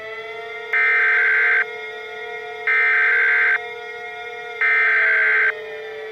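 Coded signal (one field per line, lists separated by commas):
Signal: Emergency Alert System (SAME) tones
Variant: header bursts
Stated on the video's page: Fictional EAS scenario.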